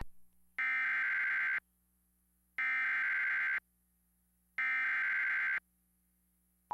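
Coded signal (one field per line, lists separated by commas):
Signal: Emergency Alert System (SAME) tones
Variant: header bursts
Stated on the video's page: Severe thunderstorm warning EAS alert carried during an ESPN/Big Ten Conference broadcast.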